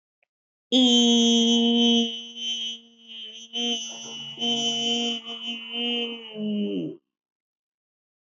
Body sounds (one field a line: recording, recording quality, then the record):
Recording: sustained vowel as in beet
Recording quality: excellent, no background noise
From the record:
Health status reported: healthy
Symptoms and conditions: none ticked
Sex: female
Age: 25 years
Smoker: not ticked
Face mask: not worn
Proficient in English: yes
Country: India